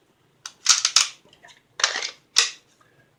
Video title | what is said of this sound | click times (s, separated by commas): Modified Blackhawk Serpa CQC holster | The gun automatically locked into place. | 2.4 s